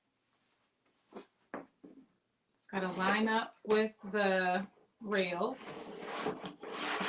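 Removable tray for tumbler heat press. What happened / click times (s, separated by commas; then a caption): The tray was handled and lined up without a seating click / none. The removable tray of an HTVTRont A200 Auto Tumbler Heat Press is handled and lined up with the press rails before being pushed home, with faint handling taps around 1.0 s and 1.5 s while someone talks. Nothing has seated or clicked yet.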